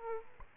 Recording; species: mosquito wingbeat signal from an infrared sensor; Aedes aegypti